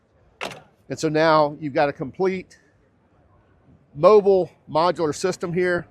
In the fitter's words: That's going to lock into place.